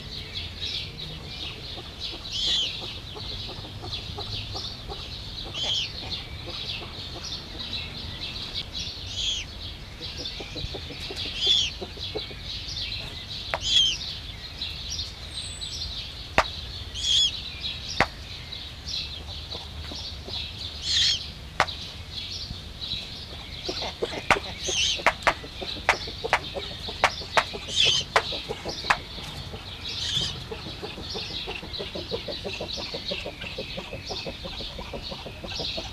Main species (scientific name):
Bubo bubo